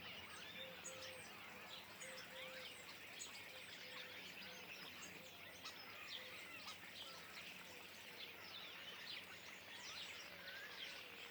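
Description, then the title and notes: Common starlings chattering as a flock, a dense, unbroken wash of overlapping whistles, clicks and squeaky notes, with a faint low hum underneath. Flock perched in trees beside a pond, Le Louroux, Indre-et-Loire, France; recorded in stereo ORTF with Sennheiser MKH8020 microphones, Rycote and a Sound Devices MixPre-6 II. "Le Louroux, Loches, Indre-et-Loire, Centre-Val de Loire, France métropolitaine, 37240, France - étourneaux sansonnet dans les arbres. Nuée d'étourneaux posés dans un arbre aux abords de l'étang du louroux"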